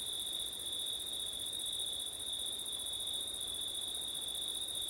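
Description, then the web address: Crickets giving a sustained high trill, even and unbroken, with soft background noise underneath. Crickets on a September night, windy; ORTF microphone setup. "audio crickets wind september night ortif"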